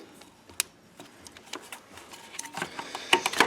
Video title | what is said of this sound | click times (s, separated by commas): 2008 Jeep Grand Cherokee, 3.0L Glow plug diag and repair | it should click | 0.6 s